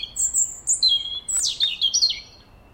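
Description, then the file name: European robin song: short high sustained whistles, then a quick descending slur and fast varied twittering notes before fading. "Erithacus rubecula"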